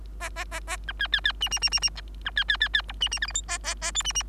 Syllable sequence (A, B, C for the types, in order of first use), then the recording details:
A A A A B C C C D D D D D B C C C C E D D F G H A A A I D D. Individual Bird3